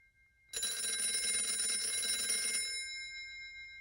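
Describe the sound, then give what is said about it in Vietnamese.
A loud, shrill bell-like telephone ring starts abruptly and buzzes continuously for about two seconds, with bright metallic overtones, then cuts off, leaving a faint ringing tail. “Tiếng chuông điện thoại reo lên inh ỏi, phá tan sự im lặng của cả ba.”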